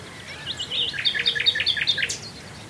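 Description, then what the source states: Common nightingale singing one short, rich phrase of quick chirps and warbled notes. Swale.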